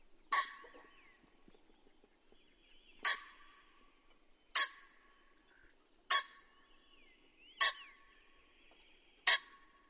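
Pheasant giving six loud, harsh bursts spaced roughly one and a half seconds apart against near silence.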